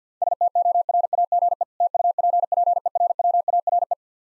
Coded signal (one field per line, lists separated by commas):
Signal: Morse code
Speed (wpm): 50 wpm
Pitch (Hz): 700 Hz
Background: none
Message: STORAGE TUPPERWARE